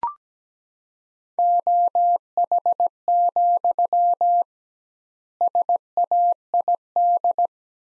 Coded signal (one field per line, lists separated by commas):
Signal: Morse code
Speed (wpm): 17 wpm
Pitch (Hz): 700 Hz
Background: none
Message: OH, SAID